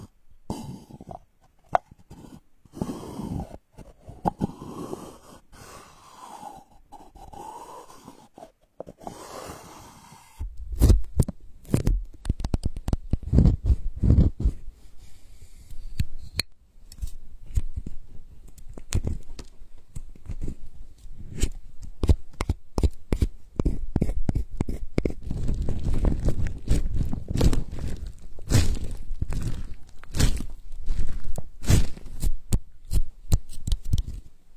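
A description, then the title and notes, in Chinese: Quiet handling of wooden blocks, a crystal ball, sea salt and foam. The first ten seconds carry a wavering, squeaky rubbing tone that rises and falls. Then dense, irregular taps, clicks and crackling scratches take over, with a soft low rumble underneath. 木板、木块、水晶球、海盐、泡沫。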